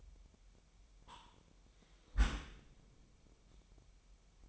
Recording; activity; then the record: daily activity, microphone in the room; close dishwasher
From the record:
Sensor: 1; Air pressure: 998.4 hPa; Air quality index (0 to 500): 138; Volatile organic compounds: 4 ppm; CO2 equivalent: 1648 ppm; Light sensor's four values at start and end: 16/55/22/22 and 16/55/22/22